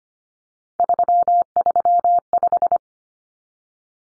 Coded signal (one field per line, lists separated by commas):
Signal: Morse code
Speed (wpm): 25 wpm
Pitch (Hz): 700 Hz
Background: none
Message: 335